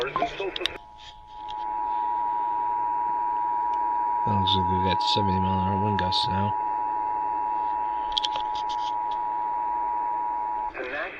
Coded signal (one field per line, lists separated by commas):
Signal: Emergency Alert System (SAME) tones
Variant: 853 and 960 Hz attention tone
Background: speech